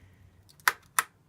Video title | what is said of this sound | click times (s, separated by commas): gaming pc build! | it clicks like that and now our Ram is installed okay | 0.7 s, 1.0 s